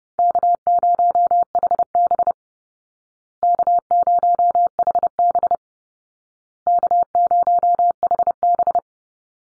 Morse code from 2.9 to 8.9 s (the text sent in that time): K0HB K0HB